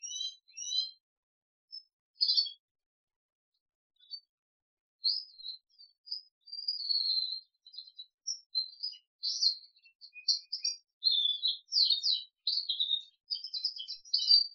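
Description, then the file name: Crested canary singing scattered high notes that become a dense stretch of chattering trills and sweet warbles in the second half. "audio kenari jambul"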